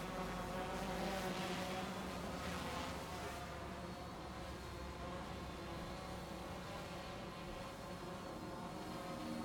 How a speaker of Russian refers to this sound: Около здания летает дрон.